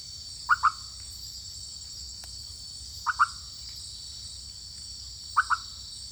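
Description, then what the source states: Leptodactylus frog giving paired short croaks about every two and a half seconds, set against a constant high insect chorus. Recorded in French Guiana.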